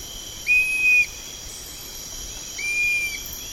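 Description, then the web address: Dusky-capped flycatcher: two clear, level, mournful whistles roughly two seconds apart, set against a steady high-pitched insect buzz. Eastern lowlands of South America. "Natures Songs S America Eastern Lowlands. Dusky-capped Flycatcher"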